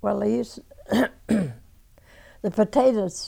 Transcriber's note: she clears her throat